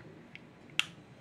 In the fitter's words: it clicks when it closes so that is the first one of that lip gloss